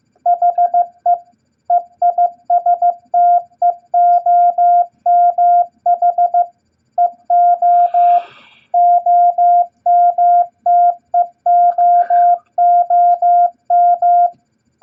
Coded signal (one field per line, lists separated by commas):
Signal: Morse code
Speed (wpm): 15 wpm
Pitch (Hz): 700 Hz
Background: none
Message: HE EISTEOMH EO OMTEOOM